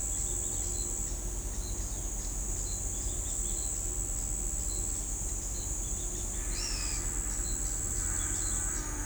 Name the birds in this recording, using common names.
White-whiskered Spinetail, Pale-eyed Pygmy Tyrant